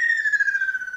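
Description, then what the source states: Ruddy kingfisher giving a whistled, slightly trilling call that slides slowly downward in pitch. Niigata Prefecture, Japan.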